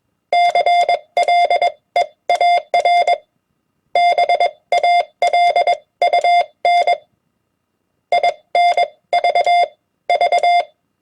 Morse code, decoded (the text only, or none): CLEAR BALUN INVV